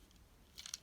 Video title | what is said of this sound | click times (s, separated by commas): Transformers Buzzworthy Bumblebee Studio Series 86 - 13 CLIFFJUMPER Review | Let's click that into place. Come on now. | 0.7 s